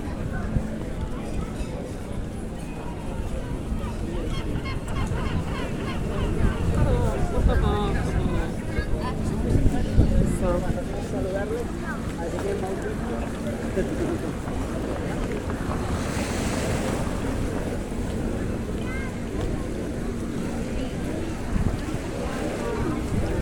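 A sound walk in Cadaquès: steady murmur of voices over a low engine hum, with a brief burst of bright hiss around sixteen seconds.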